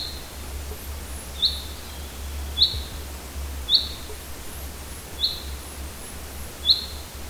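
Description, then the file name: Common chaffinch calling: a short sharp note repeated about every one to one and a half seconds, five times, over a steady low hum. "Fringilla coelebs"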